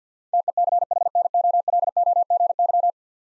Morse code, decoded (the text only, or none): TECHNOLOGY